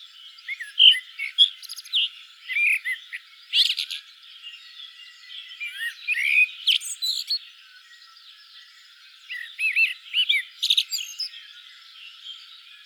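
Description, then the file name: Common blackbird song, several warbled whistled phrases with rising and falling notes and thin high twitters, separated by pauses. "Turdus merula"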